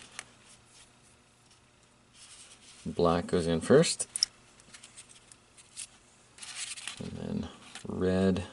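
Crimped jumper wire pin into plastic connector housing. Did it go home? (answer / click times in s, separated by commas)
no / none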